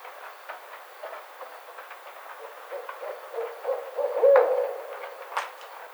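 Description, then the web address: Barred owl hoots, soft and uneven, with a louder slurred note after four seconds; scattered sharp clicks and taps run throughout. Recorded on 29 May 2009. "Barred Owl 2009 05 29 Barred Owl"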